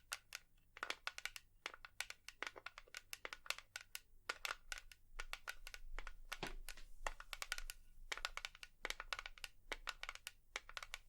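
Rapid, crisp tapping clicks in irregular bursts with brief pauses, bright, over a low steady hum.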